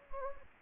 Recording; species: mosquito wingbeat signal from an infrared sensor; Anopheles gambiae